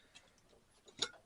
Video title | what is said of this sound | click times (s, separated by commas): Dell OptiPlex Rig upgrade Ep4 Graphics cards | make sure that you've heard the click of the pin make sure that you've put some pressure on it to make sure it | 1.0 s